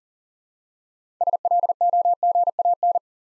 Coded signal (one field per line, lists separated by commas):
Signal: Morse code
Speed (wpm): 40 wpm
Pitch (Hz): 700 Hz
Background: none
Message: SLOGAN